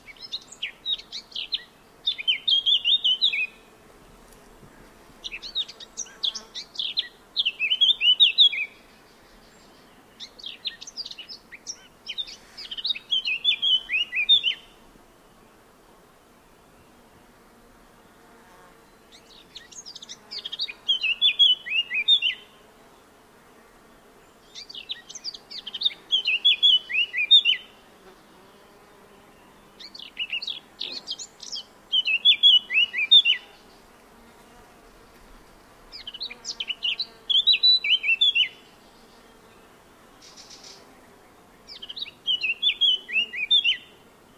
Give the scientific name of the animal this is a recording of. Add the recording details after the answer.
Sylvia atricapilla. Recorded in the wild. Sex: male. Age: adult. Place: Tiuccia, Corsica, FR. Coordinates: 42.0714, 8.73222. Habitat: macchia. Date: 2011-07-23. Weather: sunny, 15°C, weak winds. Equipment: Fostex FR2-LE, Sennheiser ME66, Popschutz. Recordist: Frommolt, Karl-Heinz